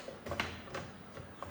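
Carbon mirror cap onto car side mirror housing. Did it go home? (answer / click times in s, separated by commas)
no / none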